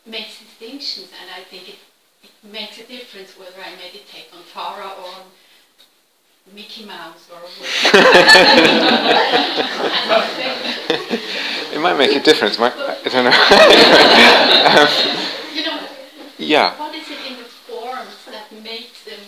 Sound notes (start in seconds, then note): 7.6 laughter; 12.8 laughter